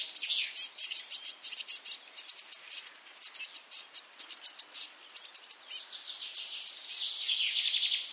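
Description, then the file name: Eurasian blue tit giving high, thin chirps and buzzy scolding notes in a dense, near-continuous stream, with short pauses between bursts. "Cyanistes caeruleus"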